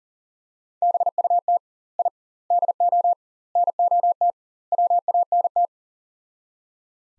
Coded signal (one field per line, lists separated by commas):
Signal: Morse code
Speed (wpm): 37 wpm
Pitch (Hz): 700 Hz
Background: none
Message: BUT I DO NOT WANT